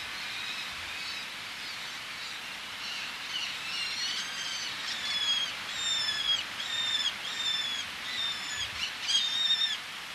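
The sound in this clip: Eleonora's falcon calls, faint at first, then clearer rasping notes repeated at fairly regular intervals over a hissy background.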